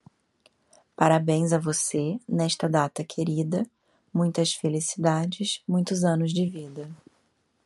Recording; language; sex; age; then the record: short text; Brazilian Portuguese; female; 30 to 39 years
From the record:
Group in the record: control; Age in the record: 38 years